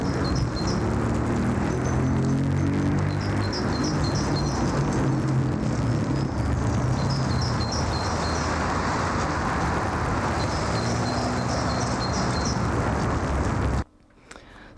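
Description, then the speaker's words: Great Tit song, high two-note phrases repeated rapidly in several bursts, over loud, steady traffic roar. Urban song near the Eiffel Tower in Paris, with unfiltered ambient city noise; perhaps a hint of romance and urgency to get the song heard. "So what I'm going to try to begin with here is an urban bird song in Paris near the Eiffel Tower."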